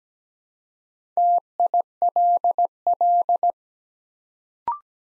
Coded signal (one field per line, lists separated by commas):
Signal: Morse code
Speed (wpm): 17 wpm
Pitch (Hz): 700 Hz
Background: none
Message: TILL